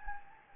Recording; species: mosquito wingbeat signal from an infrared sensor; Anopheles gambiae